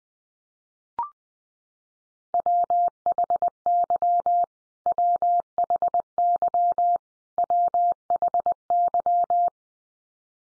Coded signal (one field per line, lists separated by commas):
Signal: Morse code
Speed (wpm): 19 wpm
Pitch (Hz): 700 Hz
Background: none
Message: WHY WHY WHY